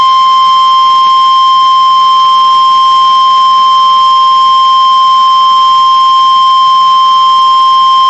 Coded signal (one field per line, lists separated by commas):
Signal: Emergency Alert System (SAME) tones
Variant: 1050 Hz attention tone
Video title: EAS #1,945 Online NOAA Weather Radio Severe T’storm Warning #10 5/19/25